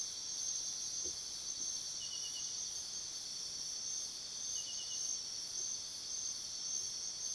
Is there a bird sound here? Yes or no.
no